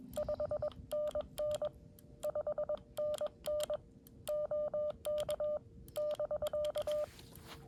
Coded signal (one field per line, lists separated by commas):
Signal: Morse code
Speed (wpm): 20 wpm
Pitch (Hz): 600 Hz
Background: none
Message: 5NN 5NN OK <BK>